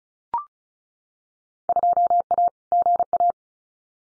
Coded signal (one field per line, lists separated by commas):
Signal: Morse code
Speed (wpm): 36 wpm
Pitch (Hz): 700 Hz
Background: none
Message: 2A GA